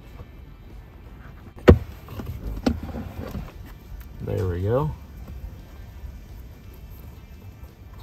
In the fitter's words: really kind of popped into place there there's a it's kind of tapered at the top